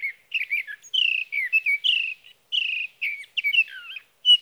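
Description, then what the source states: Sage thrasher singing a rapid run of warbled, twangy notes, jumping up and down in pitch, with a few short pauses. Male singing through the night near his night roost, evening of June 12 to morning of June 15, 2018, Sierra Valley, California; Swift recorder.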